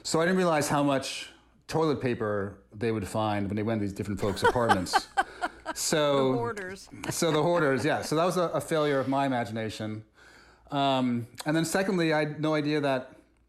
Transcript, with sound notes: So I didn't realize how much toilet paper they would find when they went to these different folks' apartments. So...
(Laughter) The hoarders.
So the hoarders - yeah. So that was a failure of my imagination. And then secondly, I had no idea that